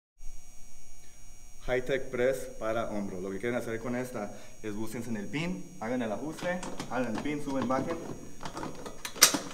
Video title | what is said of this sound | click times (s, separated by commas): Hi Tech Shoulder Press Espanol | Cuando escuchen el clic, ya están set. | 9.2 s